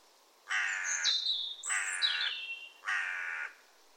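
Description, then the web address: Bird giving three loud, harsh, drawn-out calls, each lasting about half a second to a second, with a raspy, broad tone and brief gaps between. Bird call labelled 'Co Co Co Co'. "cianscape. Deverinetal 2025. Bird Only"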